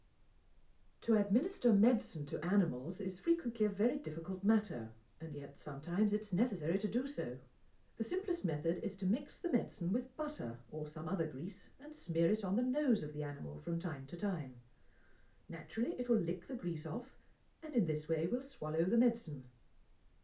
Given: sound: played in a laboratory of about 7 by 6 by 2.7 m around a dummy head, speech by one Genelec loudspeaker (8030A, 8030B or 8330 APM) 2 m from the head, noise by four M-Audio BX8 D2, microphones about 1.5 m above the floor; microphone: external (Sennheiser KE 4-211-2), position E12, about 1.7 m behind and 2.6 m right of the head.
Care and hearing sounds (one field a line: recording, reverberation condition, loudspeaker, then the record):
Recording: female speech in English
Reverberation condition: low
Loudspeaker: 60 degrees to the left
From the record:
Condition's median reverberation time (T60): about 310 ms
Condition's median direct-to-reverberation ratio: about 3.5 dB